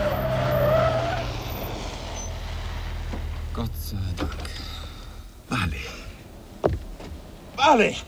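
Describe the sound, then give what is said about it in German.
A car brakes hard at a railway level crossing with a red flashing light, with a loud, wavering tire screech over a low engine rumble, followed by several shorter squealing skids and sharp bursts of noise. “Bremsen!”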